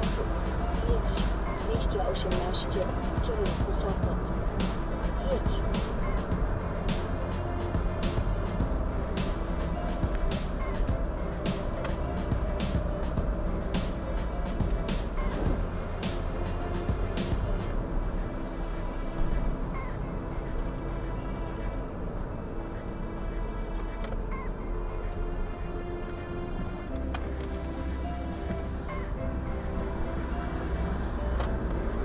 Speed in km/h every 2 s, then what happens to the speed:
66, 66, 64, 61, 58, 56, 55, 50, 50, 49, 48, 44, 40, 30, 25, 31.
3-14 slows to 50. 14-20 steady at about 49. 20-28 slows to 25. 29-32 speeds up to 31.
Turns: 25-29.